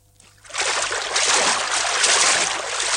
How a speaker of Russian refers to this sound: Яков идет к воде, закидывает ружье на плечо, не раздеваясь, заходит в воду.